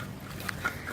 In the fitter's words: Trying to do it with one hand here. Snaps in place.